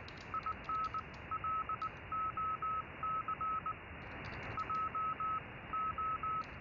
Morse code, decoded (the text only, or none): IN LOC JO